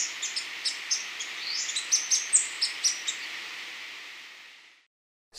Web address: Natures Songs S America Birds of Ecuador Orange-crested Flycatcher